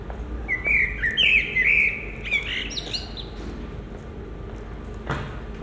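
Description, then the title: Common blackbird delivering one long, varied fluting phrase with squeaky high flourishes at the end, then quiet with a single sharp click near the end. Recorded in Marolles, Brussels, Belgium, with a Sony PCM-M10 recorder and binaural microphones. "Marolles, 1000 Bruxelles, Belgique - Résidence Sainte-Gertrude - Merle - Blackbird"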